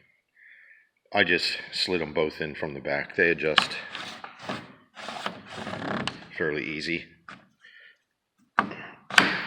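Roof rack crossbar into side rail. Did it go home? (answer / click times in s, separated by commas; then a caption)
yes / 8.6 s, 9.2 s. A metal roof-rack crossbar on a Jeep XJ, slid in from the back along the side rail, is adjusted and then locked in place by a spring-loaded pin while someone talks. Two sharp metallic clicks at 8.6 s and 9.2 s mark the pin engaging and the crossbar seating firmly in the rail.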